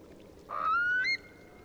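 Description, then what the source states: Eurasian curlew call: a single clear whistle rising smoothly in pitch and ending with a short upward flick, over a steady low rumble. A flock taking off.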